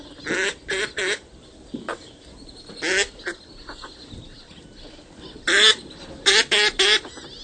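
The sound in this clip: Northern pintail calls: short nasal bursts in a few spaced groups, with quiet gaps between.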